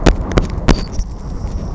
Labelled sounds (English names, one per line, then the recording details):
Savannah Sparrow
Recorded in Sonoma County, California